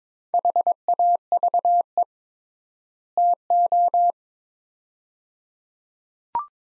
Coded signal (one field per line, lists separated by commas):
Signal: Morse code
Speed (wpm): 21 wpm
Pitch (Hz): 700 Hz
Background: none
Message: HAVE TO